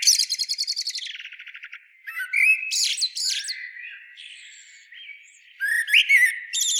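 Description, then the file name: Common blackbird opening with a fast rattling chatter that slows, then mellow warbled phrases with high squeaks and a final twittering burst. "Turdus merula"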